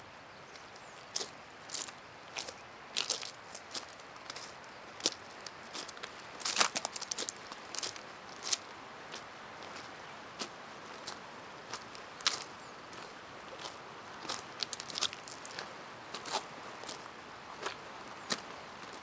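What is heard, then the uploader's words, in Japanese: Footsteps crunch across a stony, gravelly riverbank, one sharp bright crackle after another at an uneven walking pace, with a loud cluster around six to seven seconds. Beneath them runs a soft, steady outdoor hiss. 砂利道を歩いて河川敷へ。多摩川。石がゴロゴロ転がった河川敷を歩きながら川を目指します。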